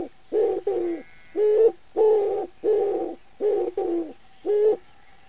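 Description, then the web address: Common wood pigeon cooing: low, hollow notes in a rhythmic phrase, some paired, several coos. "cianscape. Deverinetal"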